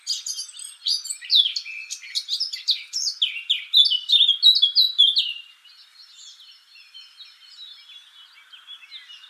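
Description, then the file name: Eurasian blackcap song: a rapid, rich warble of scratchy and whistled notes for about five seconds, then fading to faint, thin twittering. "Sylvia atricapilla"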